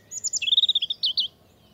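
European Robin song: a quick, high, liquid phrase of sweet, tumbling notes lasting just over a second, with faint background hiss.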